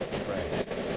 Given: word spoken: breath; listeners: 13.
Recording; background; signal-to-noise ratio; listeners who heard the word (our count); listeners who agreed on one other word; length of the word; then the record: one English word in noise, from a listening test; noise modulated by three-talker babble; -6.2 dB; 0 of 13; 6 of 13; 0.57 s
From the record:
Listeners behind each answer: 6, 1, 1, 1, 1, 1, 1, 1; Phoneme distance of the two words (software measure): 27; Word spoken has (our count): 1 syllable, 4 phonemes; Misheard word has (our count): 1 syllable, 3 phonemes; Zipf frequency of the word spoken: 4.49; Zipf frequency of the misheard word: 4.17